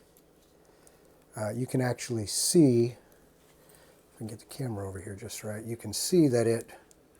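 A 16-pin power cable connector is handled at the power socket of an Nvidia RTX 5090 graphics card while someone talks. Nothing has seated or clicked yet.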